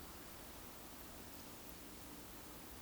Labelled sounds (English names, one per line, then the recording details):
Eurasian Woodcock whistle
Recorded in Baden-Württemberg, Germany, on 9 May 2021 at 19:17 UTC
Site 23718, 552 m above sea level